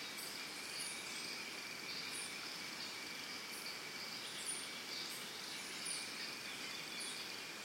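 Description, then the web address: Crickets give a steady high-pitched trill under the whole stretch, with brief bird chirps and short high calls scattered above it. Early morning in a Costa Rica forest, with birds. "Big Room Sound Birds Crickets Costa Rica Early Morning"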